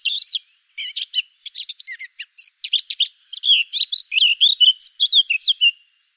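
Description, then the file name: Eurasian blackcap song, a continuous stream of varied warbling notes, scratchy at first, then richer and more fluted, running for almost six seconds. "Sylvia atricapilla"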